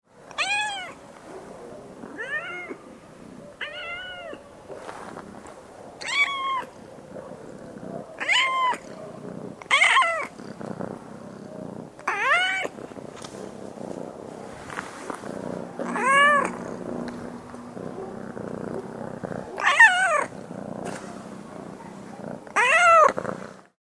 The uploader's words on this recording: Cat meow and purr sound effect. Cute domestic cat purring and meowing in the yard in the countryside.